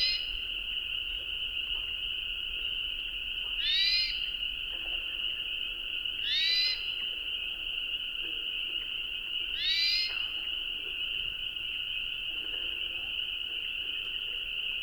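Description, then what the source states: Hermit thrush giving three rising, slurred whistled calls spaced about three seconds apart, over a steady high-pitched droning hum throughout. Recorded at dusk; song given along with calls.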